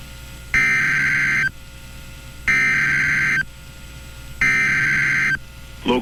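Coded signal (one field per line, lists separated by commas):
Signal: Emergency Alert System (SAME) tones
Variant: header bursts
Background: speech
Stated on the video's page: Real Local Area Emergency alert issued by civil authority via IPAWS for Lake County, Michigan, with header relayed through the Grand Rapids NWS office.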